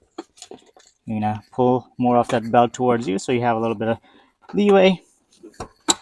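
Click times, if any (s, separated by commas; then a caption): 5.9 s. A person talks while handling the lower anchor connector of an Evenflo Revolve360 Slim car seat, pulling out slack in the belt and sliding the connector over the vehicle's metal anchor hook, with faint taps and rattles. The connector snaps into place at 5.9 s with a sharp click, and it is seated on the vehicle anchor bar.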